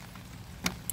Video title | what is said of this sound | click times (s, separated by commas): Troubleshooting A Dometic RV Refrigerator That's Not Working On Propane | it back in I heard a click and | 0.7 s, 0.9 s